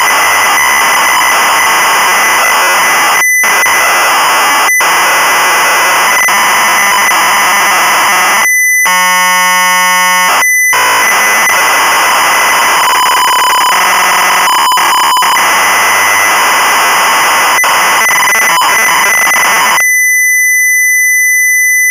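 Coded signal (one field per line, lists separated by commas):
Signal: ZX Spectrum tape loading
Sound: harsh buzzing data screech with brief dropouts, a stepped tone burst, then a steady tone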